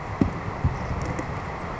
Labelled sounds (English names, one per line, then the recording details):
Savannah Sparrow
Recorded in Sonoma County, California